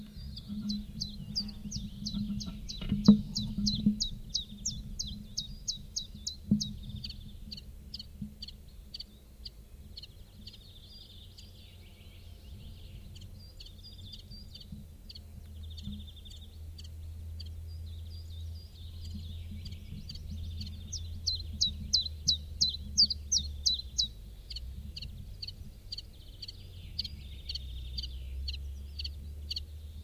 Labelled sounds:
Common Chiffchaff (Phylloscopus collybita) song

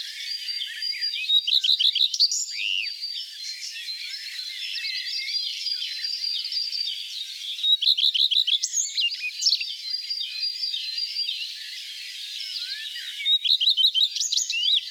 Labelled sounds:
Common Redstart (Phoenicurus phoenicurus) song

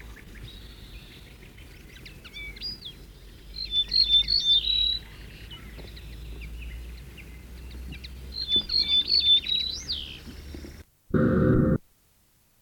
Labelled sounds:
Ortolan Bunting (Emberiza hortulana) song

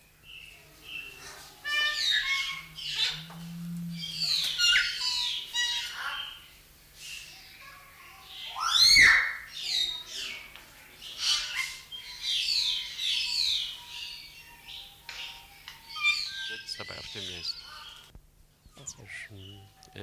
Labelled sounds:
Golden Myna (Mino anais)

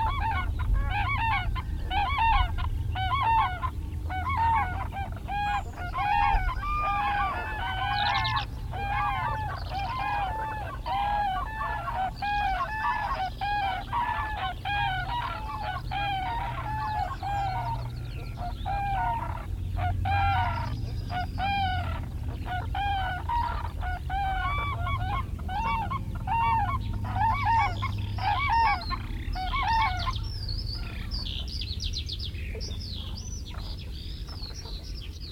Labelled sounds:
Common Crane (Grus grus) call

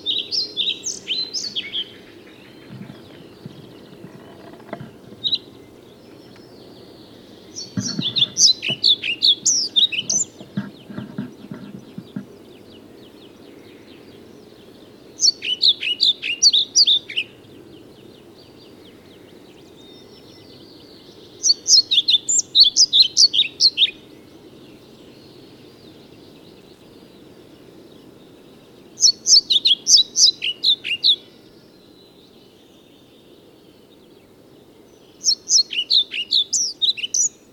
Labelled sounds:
European Pied Flycatcher (Ficedula hypoleuca) song

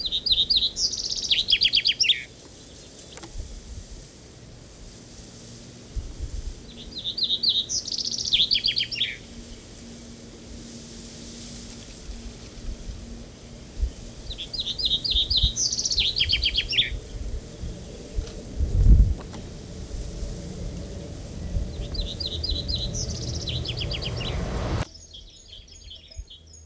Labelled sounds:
Common Chaffinch (Fringilla coelebs) song

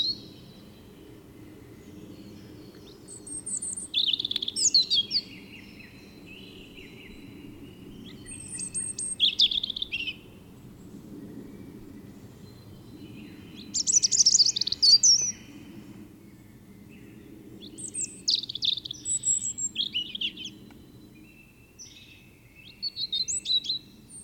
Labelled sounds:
European Robin (Erithacus rubecula) song

